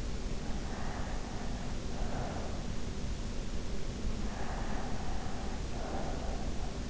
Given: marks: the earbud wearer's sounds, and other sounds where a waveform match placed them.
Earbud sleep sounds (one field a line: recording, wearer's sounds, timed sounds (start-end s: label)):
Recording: sounds in sleep by an in-ear microphone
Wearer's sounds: breath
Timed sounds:
0.47-2.75 s: breath
4.24-6.73 s: breath